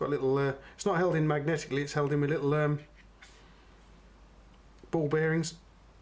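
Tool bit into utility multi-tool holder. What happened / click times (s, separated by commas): The bit is handled but not yet seated in its holder / none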